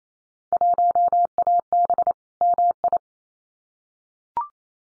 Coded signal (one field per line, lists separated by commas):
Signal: Morse code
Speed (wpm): 28 wpm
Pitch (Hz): 700 Hz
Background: none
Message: 1AB MI